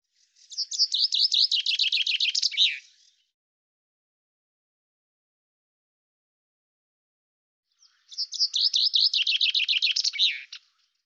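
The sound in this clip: Common chaffinch singing twice, each bright rattling phrase descending into a final flourish, separated by a long quiet gap.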